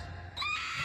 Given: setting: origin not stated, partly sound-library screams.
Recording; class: one-second piece from a danger detection set; woman in danger